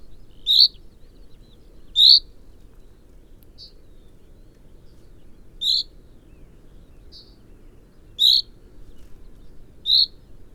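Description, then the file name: Common chaffinch giving sharp, metallic single call notes at irregular intervals, some close together and others a few seconds apart, with a faint low background hiss. "Fringilla coelebs"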